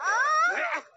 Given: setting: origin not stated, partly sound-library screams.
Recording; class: one-second piece from a danger detection set; woman in danger